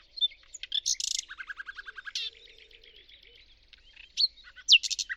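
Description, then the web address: Bird song with a fast, even trill of lower chirps, bright high whistles, buzzy notes and a final flurry of sharp rising squeaks. "Deverinetal 2025. Bird Only"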